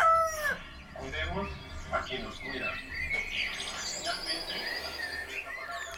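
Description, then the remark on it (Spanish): On a Saturday morning at home, roosters crow amid a busy chorus of chirping and clucking birds, with a low steady hum beneath. A faint voice murmurs in the background while a television plays far off. “La televisión está prendida a lo lejos y cantan los gallos entre otras aves.”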